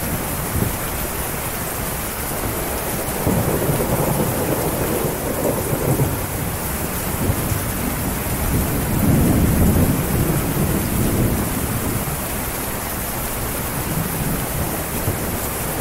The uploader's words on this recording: Rainfall. Rain sounds.